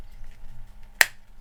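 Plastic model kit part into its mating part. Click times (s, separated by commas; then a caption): 1.0 s. A plastic part of a Bandai "Bunyip Boomerang" 1/72 scale mecha model kit from Kyokai Senki is pressed into its mating part until it snaps together. A single sharp, bright click at 1.0 s stands out over a faint low hum and shows the part seating. The part is confirmed seated.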